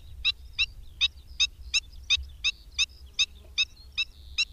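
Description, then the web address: Black-winged stilt calling, a series of sharp barking kek notes about every third of a second. "Madardalok Gólyatöcs"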